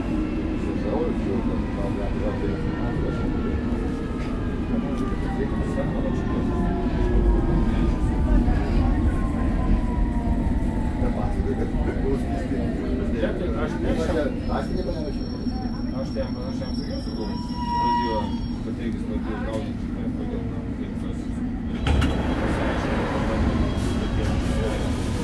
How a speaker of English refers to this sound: Next station is Temple. Mind the gap between the train and the platform.